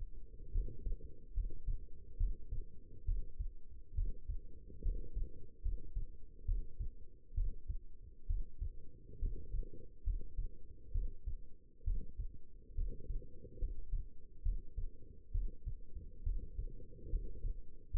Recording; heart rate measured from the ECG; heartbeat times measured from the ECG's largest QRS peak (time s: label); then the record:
heart sounds by stethoscope; 69 bpm
0.51 s: heartbeat
1.33 s: heartbeat
2.17 s: heartbeat
3.05 s: heartbeat
3.94 s: heartbeat
4.82 s: heartbeat
5.62 s: heartbeat
6.45 s: heartbeat
7.34 s: heartbeat
8.26 s: heartbeat
9.19 s: heartbeat
10.03 s: heartbeat
10.91 s: heartbeat
11.84 s: heartbeat
12.74 s: heartbeat
13.58 s: heartbeat
14.42 s: heartbeat
15.31 s: heartbeat
16.23 s: heartbeat
17.09 s: heartbeat
17.90 s: heartbeat
From the record:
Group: healthy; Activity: rest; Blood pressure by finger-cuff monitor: 133/82 mmHg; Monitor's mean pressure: 97 mmHg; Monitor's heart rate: 68 bpm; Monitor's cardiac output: 6 L/min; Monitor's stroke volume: 87 mL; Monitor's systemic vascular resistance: 1120 dyn s/cm5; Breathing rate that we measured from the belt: 15 breaths a minute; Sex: female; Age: 22 years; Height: 171 cm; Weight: 65.6 kg